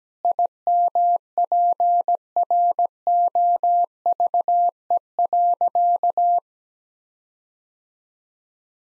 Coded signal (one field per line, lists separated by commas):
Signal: Morse code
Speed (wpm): 17 wpm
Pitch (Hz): 700 Hz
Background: none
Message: IMPROVE.